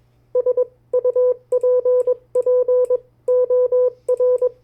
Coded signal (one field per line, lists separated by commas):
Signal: Morse code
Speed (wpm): 21 wpm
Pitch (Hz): 500 Hz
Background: none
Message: SUPPOR